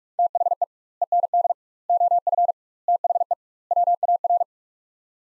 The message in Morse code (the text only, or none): THE END OF THE WAR